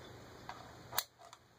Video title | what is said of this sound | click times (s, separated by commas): 1- Polycom 335 Setup | like all the rest of them snaps into place like that | 1.0 s